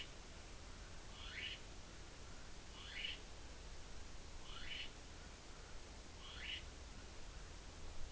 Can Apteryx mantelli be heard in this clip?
yes